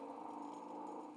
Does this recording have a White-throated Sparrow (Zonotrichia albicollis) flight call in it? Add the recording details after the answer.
no. No flight call is heard. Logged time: 04:48 on 5 December 2014